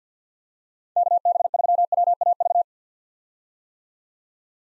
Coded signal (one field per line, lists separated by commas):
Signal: Morse code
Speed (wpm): 50 wpm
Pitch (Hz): 700 Hz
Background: none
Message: KB3WAV